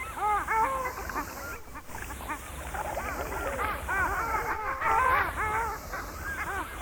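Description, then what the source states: Long-tailed Ducks giving a lively chorus of nasal, arched yodeling calls, many birds overlapping steadily throughout. Field recording.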